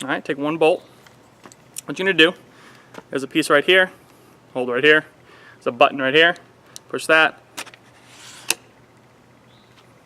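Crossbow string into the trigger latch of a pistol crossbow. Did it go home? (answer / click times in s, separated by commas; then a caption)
yes / 8.5 s. Someone talks while handling a Firefield Stinger pistol crossbow, with small clicks and handling knocks between the words. The cocking piece is pushed all the way back until the string catches in the trigger latch with a sharp click at 8.5 s. The string is latched and the crossbow is cocked.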